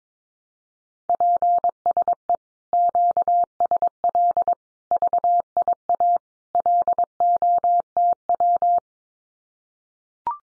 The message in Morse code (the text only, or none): PSE QSL VIA LOTW